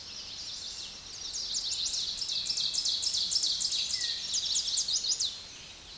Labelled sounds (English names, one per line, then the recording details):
Ovenbird song
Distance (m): 15 m
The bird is about 5 m above the microphone
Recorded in a Pennsylvania forest on 16 May 2024 at 06:08
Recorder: AudioMoth, point MSD-2058
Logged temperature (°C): 11.8 °C
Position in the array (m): 65 m, 10 m